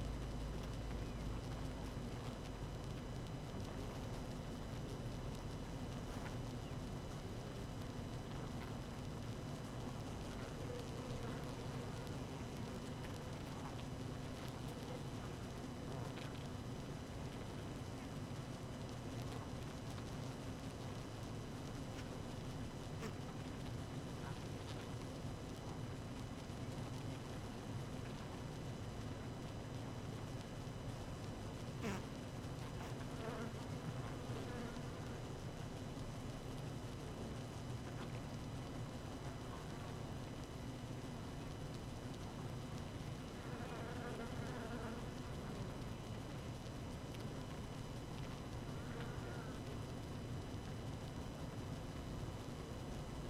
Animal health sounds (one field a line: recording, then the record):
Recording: honeybee colony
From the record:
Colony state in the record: active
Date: 12 June 2018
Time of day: 17:46